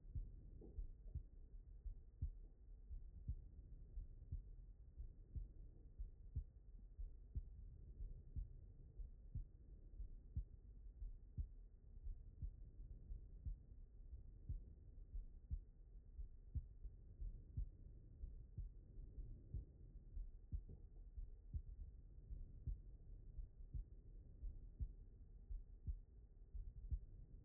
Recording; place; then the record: heart sounds by stethoscope; aortic valve (AV)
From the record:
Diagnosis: non-HFrEF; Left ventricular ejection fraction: 64%